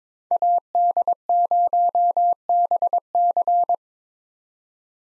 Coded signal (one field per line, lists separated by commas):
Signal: Morse code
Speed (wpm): 21 wpm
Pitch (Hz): 700 Hz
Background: none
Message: AD0BC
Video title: 2023 POTA Hunter Call Signs - 22wpm